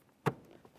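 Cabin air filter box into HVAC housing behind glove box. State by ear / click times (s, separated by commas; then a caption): seated / 0.3 s. The plastic cabin air filter box of a 2004-2006 Scion xB is slid back into its HVAC housing behind the glove box, giving a single sharp click at 0.3 s, followed by a couple of faint, soft ticks near 0.5 and 0.7 s. The box is seated and secured in place.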